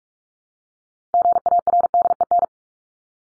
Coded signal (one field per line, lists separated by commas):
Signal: Morse code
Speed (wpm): 44 wpm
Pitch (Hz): 700 Hz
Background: none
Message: GARDEN